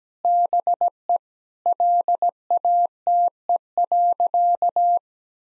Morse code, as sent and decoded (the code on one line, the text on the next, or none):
-... . / .-.. .- - . .-.-.-
BE LATE.